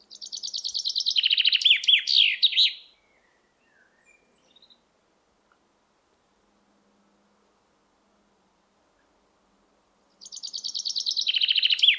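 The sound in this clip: Common chaffinch song: a bright, rapid trill that drops in pitch and ends in a flourish, lasting about three seconds; after a long silence the phrase starts again.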